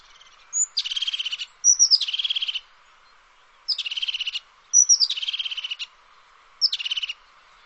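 Bird repeating rapid buzzy trills, each opening with a sharp high slurred note, several phrases at irregular intervals with quiet gaps between.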